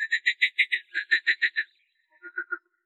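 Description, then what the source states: Lake frog call, a rapid rattling series of about eleven harsh pulsed notes, a brief pause, then three softer pulses, against a silent background. Recorded in 1957.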